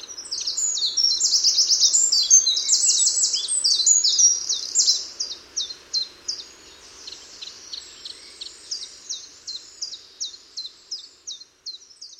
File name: Troglodytes troglodytes